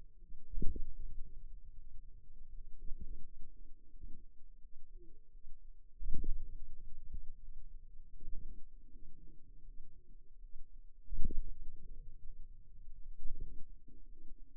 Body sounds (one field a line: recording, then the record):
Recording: forearm muscle sounds (acoustic myography)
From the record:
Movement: ulnar deviation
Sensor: system 2, bracelet of six BSWA MPA416 microphones around the upper forearm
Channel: 2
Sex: female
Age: 23 years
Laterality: right